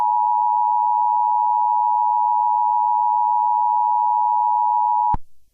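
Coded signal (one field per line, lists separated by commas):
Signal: Emergency Alert System (SAME) tones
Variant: 853 and 960 Hz attention tone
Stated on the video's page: Fictional EAS scenario, a simulated alert rather than a real broadcast.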